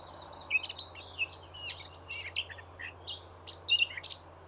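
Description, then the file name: Eurasian blackcap song: an unbroken, hurried warble of squeaky and scratchy notes with a few short whistles mixed in, over a low background hum. "Sylvia atricapilla"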